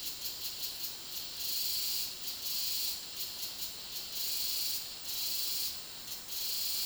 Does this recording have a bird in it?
no